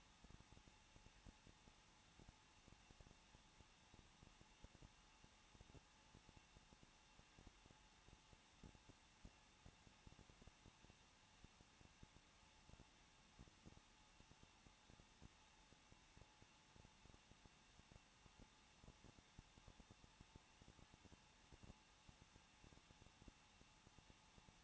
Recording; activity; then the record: daily activity, microphone in the room; no activity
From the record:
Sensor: 1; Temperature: 20.1 degrees Celsius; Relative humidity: 39.1%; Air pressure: 1006.4 hPa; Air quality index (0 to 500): 216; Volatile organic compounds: 73 ppm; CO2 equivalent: 3550 ppm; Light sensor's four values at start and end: 1/2/1/1 and 1/2/1/1